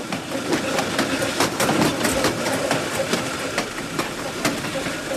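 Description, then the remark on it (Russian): A train approaching Blue River rumbles steadily along the rails, a broad roaring noise punctuated by regular sharp clacks of the wheels passing over track joints, with no voices. “Поезд на подходе к Блю-Риверу.”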